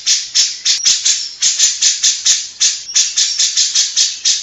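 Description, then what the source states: Grey-cheeked bulbul uttering a continuous stream of rasping, noisy notes. Long-duration master song, played to train other birds.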